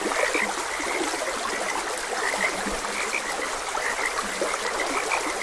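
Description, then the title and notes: Frog chorus: brief high chirps and occasional deep, drawn-out croaks repeating over the steady sound of running water. Frogs croaking beside a gentle stream. "Gentle Stream and Frogs Croaking. Sleep and Relaxation Podcast"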